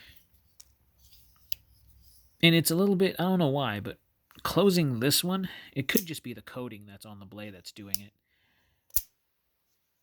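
A Pro-Tech Half-Breed automatic folding knife has its coated steel blade handled as it is being closed toward its handle lock, with a few brief sharp ticks near 0.6, 1.5 and 9.0 seconds while someone talks, suggesting the blade coating may be what makes it noisy. Nothing has seated or clicked closed yet by the end of the clip.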